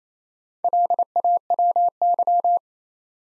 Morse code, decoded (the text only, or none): LAWY